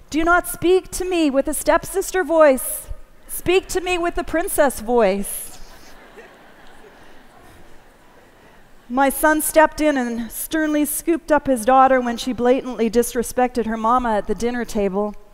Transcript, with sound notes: Do not speak to me with a step-sister voice. Speak to me with a princess voice.” (laughter.) My son stepped in and sternly scooped up his daughter when she blatantly disrespected her mama at the dinner table.